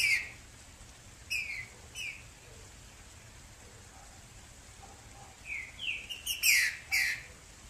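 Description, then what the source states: Green-winged saltator song: short slurred whistles that fall in pitch, a few near the start, then a cluster of harsher bright notes after a pause. Female.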